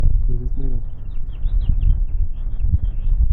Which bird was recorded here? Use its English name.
House Finch